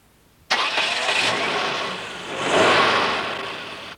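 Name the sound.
car engine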